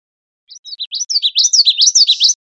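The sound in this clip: Common yellowthroat singing a quick series of repeated rolling, high-pitched phrases that build in volume and then stop abruptly.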